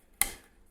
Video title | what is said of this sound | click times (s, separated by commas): Hard Drive Removal/Replacement - Compaq LTE Laptop | this just latches onto the back | 0.2 s